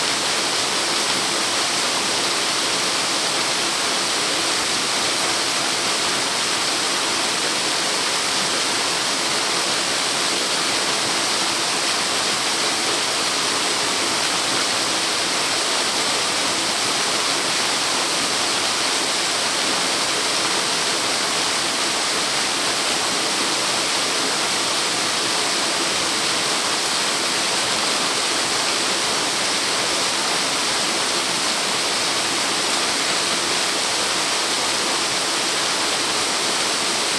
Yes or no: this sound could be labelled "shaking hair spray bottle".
no